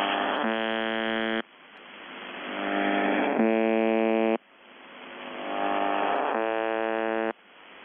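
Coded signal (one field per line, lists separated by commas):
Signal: channel marker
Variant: UVB-76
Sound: three harsh low buzzes, each about one second, repeating every three seconds, with rising hiss between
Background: radio static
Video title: The Buzzer/UVB-76(4625Khz) April 22, 2021 Voice messages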